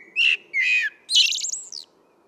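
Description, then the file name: Common blackbird with two short fluty notes followed by a thin, high, squeaky twitter that slides away. "Turdus merula"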